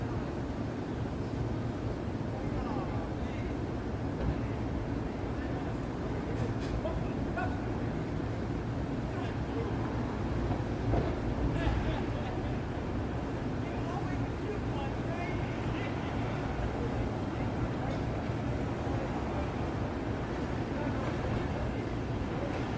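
A steady, dense wash of city traffic fills the recording at night, with a constant low rumble like engines idling and passing. Faint voices and scattered clanks surface now and then, a little more around eleven seconds and again near sixteen and twenty.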